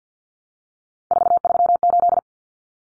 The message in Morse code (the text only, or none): 438